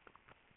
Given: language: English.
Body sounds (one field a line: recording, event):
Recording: throat vibration sensor signal played as sound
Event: swallow